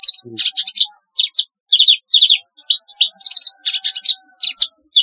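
Javan bush lark song: bursts of high, scratchy chirps and trills in quick, varied phrases with short gaps between them.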